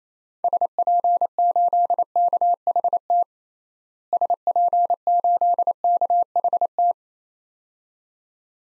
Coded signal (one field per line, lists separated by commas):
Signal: Morse code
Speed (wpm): 28 wpm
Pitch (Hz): 700 Hz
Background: none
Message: SP8KHT SP8KHT